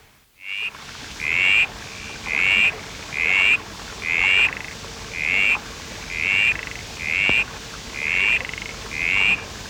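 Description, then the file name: Common mist frog calling: short, bright, high notes repeated roughly once a second in a steady series, with faint background hiss. "Litoria rheocola"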